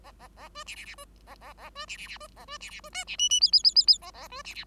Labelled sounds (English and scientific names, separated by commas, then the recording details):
Bengalese Finch (Lonchura striata domestica) song
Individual Bird5